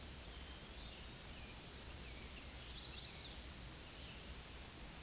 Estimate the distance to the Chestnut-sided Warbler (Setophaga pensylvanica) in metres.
about 55 m